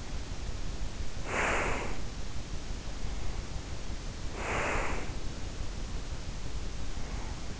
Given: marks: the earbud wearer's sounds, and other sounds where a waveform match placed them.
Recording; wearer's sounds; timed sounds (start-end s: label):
sounds in sleep by an in-ear microphone; breath
0.93-2.20 s: breath
4.18-5.32 s: breath